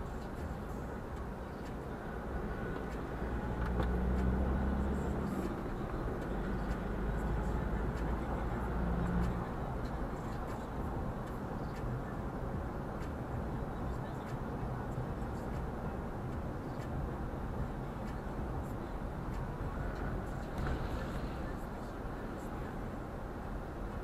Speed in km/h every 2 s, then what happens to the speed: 37, 40, 47, 53, 57, 58, 57, 55, 53, 50, 49, 48.
0-9 speeds up to 58. 9-24 slows to 48.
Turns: none.